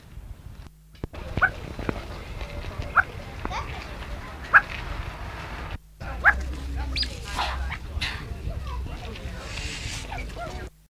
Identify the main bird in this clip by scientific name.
Chrysolophus amherstiae